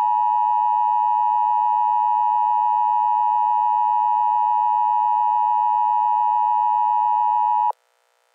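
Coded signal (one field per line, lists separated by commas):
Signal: Emergency Alert System (SAME) tones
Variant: 853 and 960 Hz attention tone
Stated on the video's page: Fictional EAS scenario; voice made with text-to-speech software (Balabolka, SAPI5 Tom).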